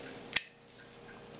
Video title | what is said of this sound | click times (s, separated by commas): Smith & Wesson 4506 slide reassembly | and it'll snap into place | 0.4 s